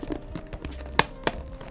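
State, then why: Seated. A plastic Sena SRL-3 Bluetooth intercom battery pack is pressed into its recess inside a Shoei Neotec 3 or GT-Air 3 motorcycle helmet shell, behind the rubber straps. After a few soft taps, a sharp loud hit at 1.0 s marks the pack snapping into place, followed by a second, quieter hit at 1.3 s. The battery pack is seated.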